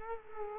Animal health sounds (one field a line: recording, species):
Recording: mosquito wingbeat signal from an infrared sensor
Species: Culex quinquefasciatus